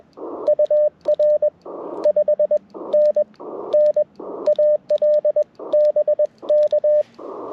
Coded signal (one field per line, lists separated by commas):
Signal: Morse code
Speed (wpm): 21 wpm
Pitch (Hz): 600 Hz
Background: radio noise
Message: UR 5NN AL BK